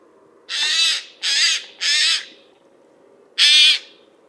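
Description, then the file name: Eurasian jay calling with three hoarse, rasping screeches in steady rhythm, then a short pause and a fourth screech. "Garrulus glandarius"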